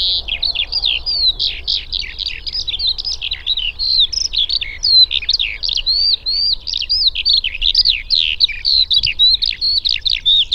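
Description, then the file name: Eurasian skylark song, an energetic flow of sharp chirps and fluttering trills in quick succession, barely pausing over ten seconds. "alauda arvensis"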